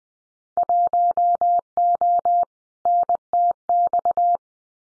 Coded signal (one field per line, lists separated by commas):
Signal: Morse code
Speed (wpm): 20 wpm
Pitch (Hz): 700 Hz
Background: none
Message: 1O NTX